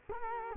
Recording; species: mosquito wingbeat signal from an infrared sensor; Culex quinquefasciatus